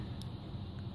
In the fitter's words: can hear it pop and when you push put your thumb under it and you can push one side up so